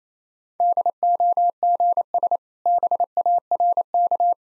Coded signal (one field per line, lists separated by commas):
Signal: Morse code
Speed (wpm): 28 wpm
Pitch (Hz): 700 Hz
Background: none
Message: DOGS BARK